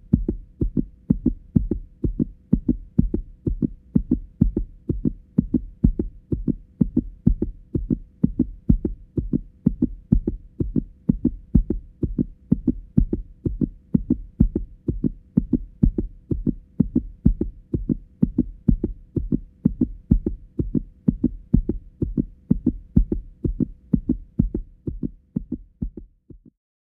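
An adult heartbeat: steady, regular low-pitched thumps repeat in paired lub-dub beats throughout, with a faint hum beneath. The rhythm stays even from start to finish: an ordinary heartbeat.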